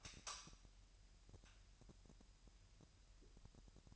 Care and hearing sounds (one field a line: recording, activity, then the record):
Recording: daily activity, microphone in the room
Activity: light on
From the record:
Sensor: 2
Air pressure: 1001.7 hPa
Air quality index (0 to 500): 243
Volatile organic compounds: 32 ppm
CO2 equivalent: 3011 ppm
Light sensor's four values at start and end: 4/10/4/4 and 9/25/10/10